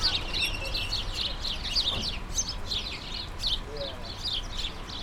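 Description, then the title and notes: Sparrows twittering as a flock, busy overlapping chirps rising and falling in loudness, a faint low hum behind. Countless sparrows gathered in a hedge, attracted by birdseed balls hung by residents; Urbanstraße, January 17, 2009. "urbanstraße: spatzen in einer hecke - the city, the country & me: sparrows in a hedge. unzählige spatzen, angelockt von meisenknödeln, die von anwohnern in einer hecke angebracht wurden countless sparrows attracted by birdseed balls in a hedge the city, the country & me: january 17, 2009"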